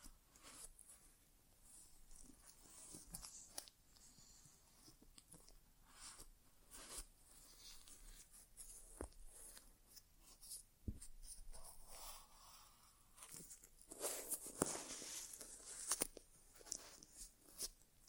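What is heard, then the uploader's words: An ASMR inner ear exam made of soft scratching, rustling and brushing sounds that come in irregular bursts. Short sharp taps and scrapes punctuate the quieter hiss, with a busier, louder stretch of crackling around fourteen to sixteen seconds. ASMR Inner Ear Exam (No Talking).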